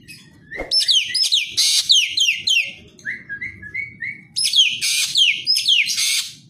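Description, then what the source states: Green magpie song with fast runs of sliding, descending whistles alternating with lower, steady whistled notes, delivered in loud bursts separated by brief pauses. Described as gacor, meaning singing vigorously.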